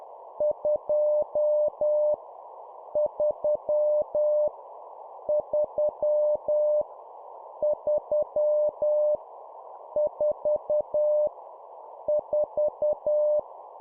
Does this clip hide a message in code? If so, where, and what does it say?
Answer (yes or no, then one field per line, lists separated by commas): yes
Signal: Morse code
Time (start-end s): 0.4-13.4 s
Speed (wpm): 10 wpm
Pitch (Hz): 600 Hz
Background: none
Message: 2 3 3 3 4 4